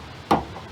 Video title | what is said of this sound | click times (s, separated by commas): How To Replace a Tailgate Latch Handle on a Chevrolet Silverado Pickup | Boop. You hear it pop. She's in there. | 0.3 s